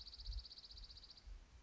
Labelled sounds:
Dark-eyed Junco
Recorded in Sonoma County, California

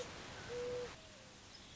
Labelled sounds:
Mourning Dove
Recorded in Sonoma County, California

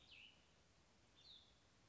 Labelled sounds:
Cassin's Vireo
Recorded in Sonoma County, California

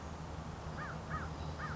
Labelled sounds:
American Crow
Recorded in Sonoma County, California

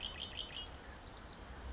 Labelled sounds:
Red-winged Blackbird
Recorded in Sonoma County, California

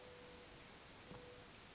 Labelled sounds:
Mourning Dove
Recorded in Sonoma County, California

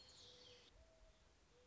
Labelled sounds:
Mourning Dove
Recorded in Sonoma County, California

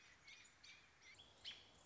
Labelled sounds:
American Robin
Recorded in Sonoma County, California

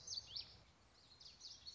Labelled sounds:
Common Yellowthroat
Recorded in Sonoma County, California

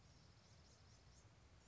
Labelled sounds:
Blue-gray Gnatcatcher
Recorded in Sonoma County, California

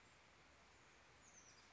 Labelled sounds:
Oak Titmouse
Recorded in Sonoma County, California

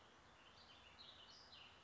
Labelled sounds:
Cassin's Vireo
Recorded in Sonoma County, California

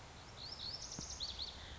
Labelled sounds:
Lazuli Bunting
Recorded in Sonoma County, California

